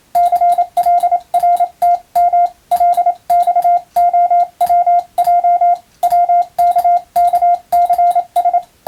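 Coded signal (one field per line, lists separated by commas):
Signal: Morse code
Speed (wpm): 27 wpm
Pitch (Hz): 700 Hz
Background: none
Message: CLRTM LXOWJ WKKCS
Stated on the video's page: Morse receiving practice sent by hand with a key, using a telegram practice book.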